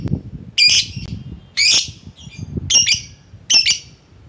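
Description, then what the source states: Lovebird calls: four harsh, shrill squawks, each a dense high burst, roughly one a second, over faint low background rumble. Lovebird calling a rival.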